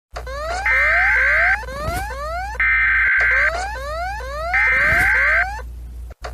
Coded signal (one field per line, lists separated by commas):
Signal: Emergency Alert System (SAME) tones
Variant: header bursts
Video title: Rating EAS Alarms Part 4 (So many requests)